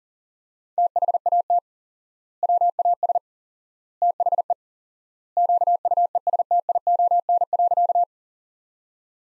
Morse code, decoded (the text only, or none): THAT WAS THE QUESTION.